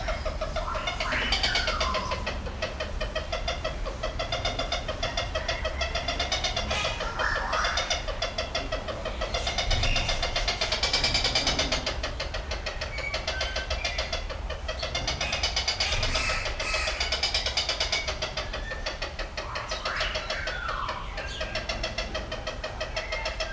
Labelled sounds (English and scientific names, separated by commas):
Allen's Gallinule (Porphyrio alleni) call